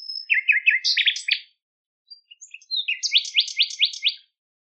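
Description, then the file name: Common nightingale song phrase: a thin whistle, then fast repeated notes ending in a louder burst, a brief pause, and another series of sharp, evenly spaced notes. "nachtigall"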